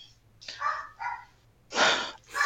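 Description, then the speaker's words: Chihuahua: dog barking: four short, sharp yappy barks with brief pauses between them, the later two louder and harsher. Female pet Chihuahua barking at a cat in the backyard, heard through the owner's headset. "And Daisy is barking at a cat in the backyard."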